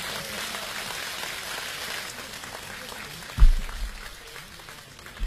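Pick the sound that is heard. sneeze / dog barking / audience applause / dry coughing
audience applause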